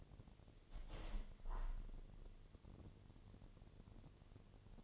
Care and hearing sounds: daily activity, microphone in the room; open window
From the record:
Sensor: 4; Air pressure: 1007.3 hPa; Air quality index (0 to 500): 198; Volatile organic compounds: 7 ppm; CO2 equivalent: 1970 ppm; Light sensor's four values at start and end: 23/73/28/27 and 24/74/28/27

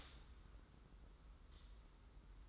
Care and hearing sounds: daily activity, microphone in the room; stop toaster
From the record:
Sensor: 3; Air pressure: 991.6 hPa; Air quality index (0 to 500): 181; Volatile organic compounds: 1000 ppm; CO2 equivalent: 6066 ppm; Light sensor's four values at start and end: 42/119/48/42 and 42/119/48/42

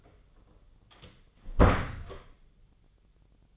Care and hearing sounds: daily activity, microphone in the room; close door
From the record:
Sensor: 4

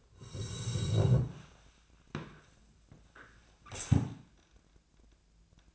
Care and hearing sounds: daily activity, microphone in the room; sit down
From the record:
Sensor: 2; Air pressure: 1000.2 hPa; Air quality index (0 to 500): 158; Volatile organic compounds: 3 ppm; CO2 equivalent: 1322 ppm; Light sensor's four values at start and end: 10/20/9/10 and 8/20/8/9

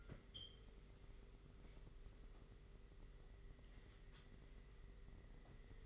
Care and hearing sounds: daily activity, microphone in the room; wipe stove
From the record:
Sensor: 4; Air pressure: 991.3 hPa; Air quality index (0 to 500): 136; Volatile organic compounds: 52 ppm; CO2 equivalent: 3328 ppm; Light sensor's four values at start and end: 25/78/29/30 and 25/78/29/30

